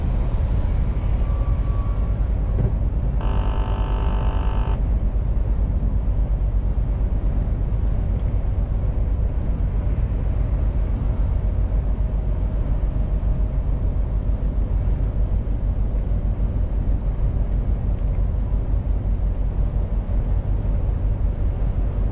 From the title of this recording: truck driver sound